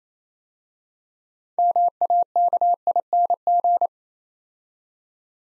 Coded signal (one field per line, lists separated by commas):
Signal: Morse code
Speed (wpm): 28 wpm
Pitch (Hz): 700 Hz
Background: none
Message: MAKING